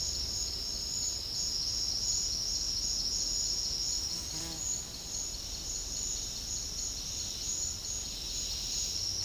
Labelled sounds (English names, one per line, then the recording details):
none
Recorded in secondary vegetation near Puerto Asís, Putumayo, Colombia, on 4 March 2025 at 09:30
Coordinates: 0.484, -76.319
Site G010